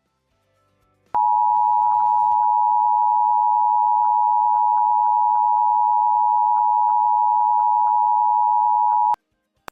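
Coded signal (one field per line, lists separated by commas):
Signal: Emergency Alert System (SAME) tones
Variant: 853 and 960 Hz attention tone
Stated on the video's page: NOAA Weather Radio Required Weekly Test from station WXL51 Toledo, 162.500 MHz, transmitter in Holland, Ohio, received in Lucas County.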